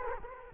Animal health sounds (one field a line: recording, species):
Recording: mosquito wingbeat signal from an infrared sensor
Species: Culex quinquefasciatus